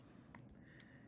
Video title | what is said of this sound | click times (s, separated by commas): How to Upgrade SSD and RAM on Razer Blade 15 2022 | you need to hear the click | 0.3 s, 0.8 s